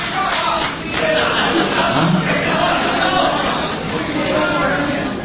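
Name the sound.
audience applause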